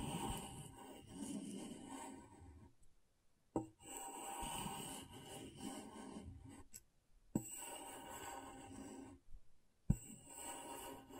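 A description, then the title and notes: Scratchboard being scraped in long, steady strokes, a dense rasping sound with bright, whistling tones running through it. Four strokes come with short silent gaps near 3, 7 and 9 seconds, and sharp clicks mark a few of the starts. ASMR Brain Tingling Scratchboard (No Talking).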